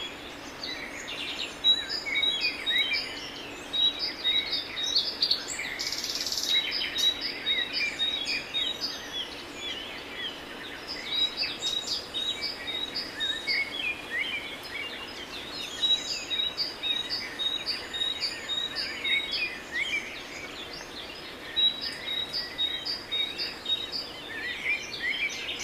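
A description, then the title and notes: Birds sing and call in a garden, with many overlapping voices forming a dense, steady chorus of bright chirps and repeated short notes. Clusters of high, rapid calls recur every few seconds, one sharp burst standing out near six seconds, over a soft constant hiss. Recordings made in my mother's garden in Valencia, Venezuela. The incredible sound of the birds of Venezuela.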